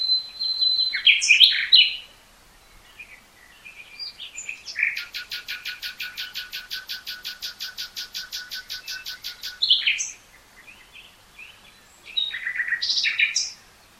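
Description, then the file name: Common nightingale song: rich chattering phrase, then a long rapid rattle of repeated notes lasting about five seconds, followed by further varied phrases. "Luscinia megarhynchos"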